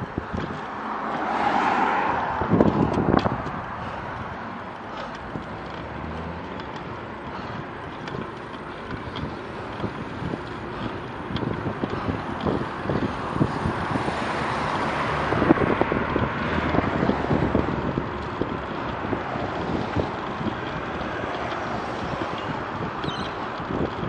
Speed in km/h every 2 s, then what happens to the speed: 8, 13, 15, 18, 20, 21, 22, 23, 22, 23, 24, 23.
0-13 speeds up to 23. 13-21 steady at about 23.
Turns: 0-4.